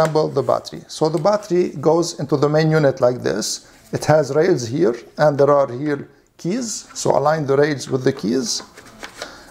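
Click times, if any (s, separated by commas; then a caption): 9.0 s, 9.2 s. Someone talks while a battery pack is slid along its rails and keys into the main unit of a cordless wet-and-dry vacuum cleaner and mop. It snaps into place with sharp clicks at 9.0 s and 9.2 s, and the battery is seated.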